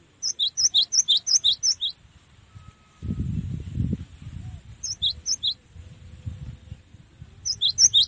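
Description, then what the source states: Cinereous tit song in rapid high-pitched note series, interrupted midway by a low rumbling noise, then further short bursts of bright notes. Masteran-style training recording for teaching songbirds.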